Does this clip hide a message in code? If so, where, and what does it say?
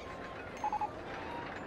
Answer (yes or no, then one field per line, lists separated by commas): no